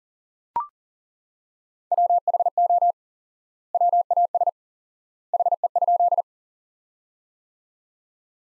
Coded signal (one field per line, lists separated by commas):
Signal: Morse code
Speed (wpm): 40 wpm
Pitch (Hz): 700 Hz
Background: none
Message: WHO WAS HE?